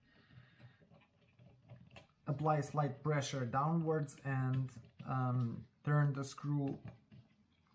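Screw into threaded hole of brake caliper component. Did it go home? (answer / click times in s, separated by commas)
no / none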